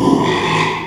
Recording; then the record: squeal of a Yucatan mini pig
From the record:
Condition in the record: after surgery on the right vocal fold (resection and tissue-engineered implant); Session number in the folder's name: 1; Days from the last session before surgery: 6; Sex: male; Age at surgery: 12 weeks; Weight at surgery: 13 kg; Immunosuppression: cyclosporine, prednisolone